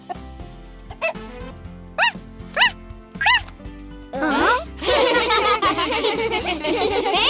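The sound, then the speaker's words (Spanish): A newly hatched cartoon parrot chick barks like a dog, four short, high, yappy barks with rising-falling pitch. Busy, overlapping voices and bright background sound follow. “¡Es una lorita perro!”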